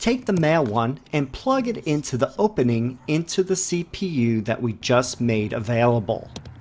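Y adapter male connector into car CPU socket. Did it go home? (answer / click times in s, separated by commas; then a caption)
no / none. During installation of an Ultra Mini Driver Display in a Tesla Model 3/Y, the male connector of the Y adapter at the end of the wire harness is brought to the opening on the car's CPU to be plugged in. Someone talks throughout, with no distinct handling sounds standing out. The connector is handled but not yet home; nothing has seated or clicked yet.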